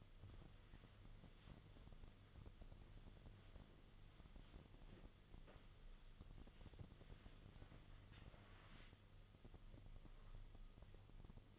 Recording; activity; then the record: daily activity, microphone in the room; wipe stove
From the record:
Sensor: 4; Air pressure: 1005.7 hPa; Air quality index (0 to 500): 105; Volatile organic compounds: 2 ppm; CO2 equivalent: 1314 ppm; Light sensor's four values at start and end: 11/26/10/10 and 12/28/11/10